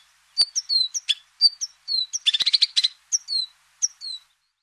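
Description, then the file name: White-winged snowfinch calls: short high chirps and slightly descending whistled notes, with a rapid buzzy rattling burst in the middle, then more spaced chirps. "Niverolle"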